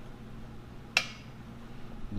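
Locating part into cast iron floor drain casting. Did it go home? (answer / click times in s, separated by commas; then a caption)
yes / 1.0 s. A metal part is pressed down into a Zurn cast iron floor drain casting while drill locations are laid out, and it snaps into place with one sharp, bright click at 0.97 s. A low, steady hum runs underneath, and the part is seated.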